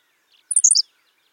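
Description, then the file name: Henslow's sparrow song: a single short, high, insect-like hiccup of a few rapid buzzy notes lasting about a third of a second. "Ammodramus henslowii - Henslow's Sparrow"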